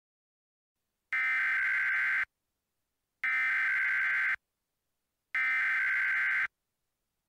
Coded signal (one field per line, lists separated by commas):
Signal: Emergency Alert System (SAME) tones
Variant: header bursts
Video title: EAS Mock Scenario: The Largest High Risk for Severe Weather Ever Issued (May 30th, 2004)